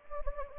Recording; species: mosquito wingbeat signal from an infrared sensor; Anopheles gambiae